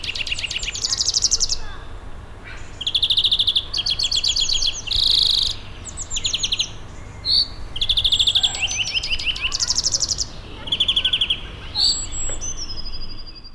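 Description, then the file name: European greenfinch song: rapid twittering trills in bursts, broken by a harsh buzzy wheeze, with several short whistled notes; steady low rumble underneath. "Chloris chloris"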